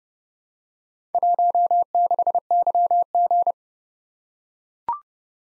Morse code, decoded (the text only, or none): 16YG